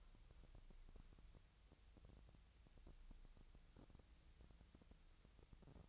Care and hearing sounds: daily activity, microphone in the room; wipe stove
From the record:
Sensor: 3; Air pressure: 1001.5 hPa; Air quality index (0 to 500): 223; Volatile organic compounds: 30 ppm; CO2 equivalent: 2960 ppm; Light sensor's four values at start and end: 11/33/14/12 and 11/33/14/12

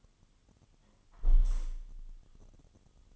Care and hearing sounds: daily activity, microphone in the room; close window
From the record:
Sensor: 4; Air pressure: 1005.5 hPa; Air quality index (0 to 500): 92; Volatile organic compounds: 2 ppm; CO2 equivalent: 1138 ppm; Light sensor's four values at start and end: 13/29/12/11 and 13/29/11/11

